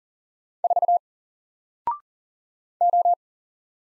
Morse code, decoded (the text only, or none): 4 O